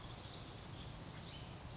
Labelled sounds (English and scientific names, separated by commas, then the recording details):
Western Flycatcher (Empidonax difficilis)
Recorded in Sonoma County, California